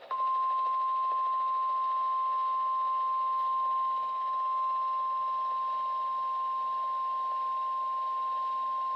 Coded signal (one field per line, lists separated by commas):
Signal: Emergency Alert System (SAME) tones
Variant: 1050 Hz attention tone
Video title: 2/14/26 Severe Thunderstorm Warning for Montgomery, Waller and Harris Counties (EAS #25)